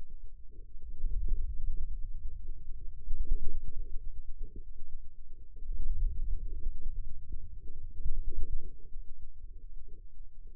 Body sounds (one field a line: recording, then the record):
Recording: forearm muscle sounds (acoustic myography)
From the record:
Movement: wrist extension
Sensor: system 2, bracelet of six BSWA MPA416 microphones around the upper forearm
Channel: 2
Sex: male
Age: 22 years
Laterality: right